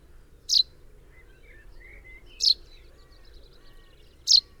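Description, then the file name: Common chaffinch calling with short, sharp high notes, three of them spaced roughly two seconds apart. "Fringilla coelebs"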